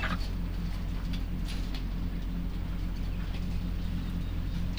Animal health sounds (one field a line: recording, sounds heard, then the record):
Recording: poultry house recording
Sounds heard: sick chickens (respiratory disease)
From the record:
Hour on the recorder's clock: 22